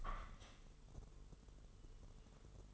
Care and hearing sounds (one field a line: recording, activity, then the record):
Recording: daily activity, microphone in the room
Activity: open window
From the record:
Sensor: 4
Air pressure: 996.5 hPa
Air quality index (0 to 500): 79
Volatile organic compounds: 3 ppm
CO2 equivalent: 1485 ppm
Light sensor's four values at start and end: 20/53/20/22 and 20/53/21/22